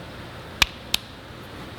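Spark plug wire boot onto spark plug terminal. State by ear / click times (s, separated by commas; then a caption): seated / 0.6 s, 0.9 s. A spark plug wire boot is pushed onto the spark plug terminal, giving two sharp clicks at 0.6 s and 0.9 s over a low steady background hum. The boot is seated on the plug.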